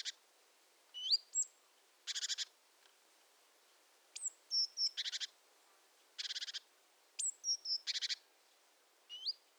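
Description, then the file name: Great tit calling: short buzzy, rapidly pulsed bursts alternating with thin, sharply hooked whistled notes, repeated roughly every second or two. "Parus major"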